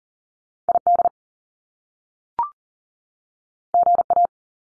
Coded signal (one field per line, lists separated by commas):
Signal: Morse code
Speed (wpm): 38 wpm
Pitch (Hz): 700 Hz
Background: none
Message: ID GA